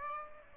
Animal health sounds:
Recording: mosquito wingbeat signal from an infrared sensor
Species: Aedes aegypti

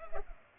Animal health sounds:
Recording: mosquito wingbeat signal from an infrared sensor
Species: Culex pipiens

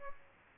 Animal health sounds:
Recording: mosquito wingbeat signal from an infrared sensor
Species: Aedes aegypti

